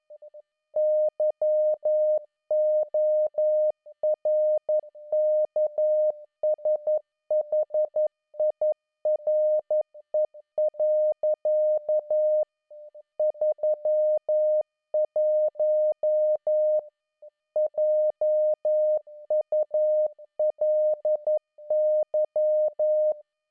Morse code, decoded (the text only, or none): YORKSHIRE. 31 JULY